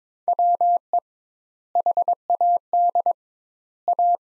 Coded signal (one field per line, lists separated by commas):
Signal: Morse code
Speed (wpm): 22 wpm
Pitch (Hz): 700 Hz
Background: none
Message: WE HAD A